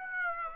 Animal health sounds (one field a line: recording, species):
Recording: mosquito wingbeat signal from an infrared sensor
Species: Aedes aegypti